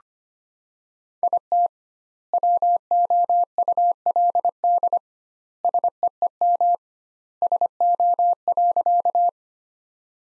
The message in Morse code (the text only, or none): IT WOULD SEEM SO.